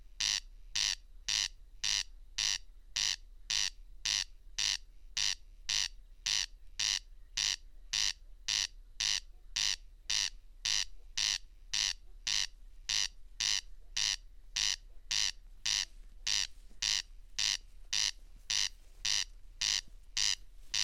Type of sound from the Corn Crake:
song